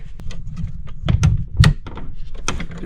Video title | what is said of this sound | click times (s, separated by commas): BMW Headlight Bulb Replacement DIY TUTORIAL - E92/E90/335i/328i/more | snaps right in make sure that these Tabs are locked in sometimes they may wiggle | 2.5 s